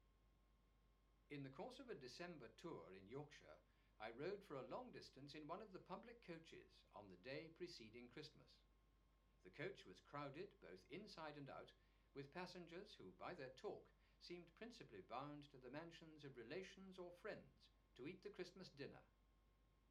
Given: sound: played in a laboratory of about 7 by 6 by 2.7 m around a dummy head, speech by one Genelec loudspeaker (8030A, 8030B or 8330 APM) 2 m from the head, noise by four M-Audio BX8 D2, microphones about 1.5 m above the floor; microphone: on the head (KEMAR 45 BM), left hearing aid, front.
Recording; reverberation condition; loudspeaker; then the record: male speech in English; low; 90 degrees to the left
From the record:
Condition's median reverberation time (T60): about 310 ms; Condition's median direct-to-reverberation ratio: about 3.5 dB